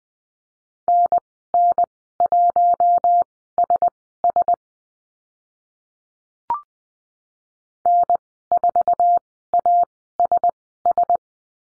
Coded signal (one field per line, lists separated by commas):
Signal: Morse code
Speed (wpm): 20 wpm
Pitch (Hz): 700 Hz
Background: none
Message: NN1SS N4ASS